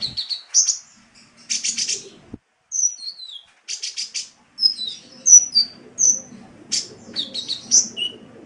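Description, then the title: Oriental magpie-robin song mixing buzzy trills, slurred falling whistles and sharp chirps, delivered as varied phrases in quick succession. "Kicau Kacer"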